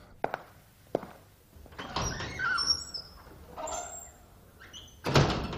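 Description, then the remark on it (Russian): A couple of sharp latch clicks, then a heavy, very tall door in a bus station hall drags open with a long creaking scrape and rumbling movement before swinging shut with a solid, resonant thud. No voices. “Квадратные колонны, балюстрады и двери министерской высоты.”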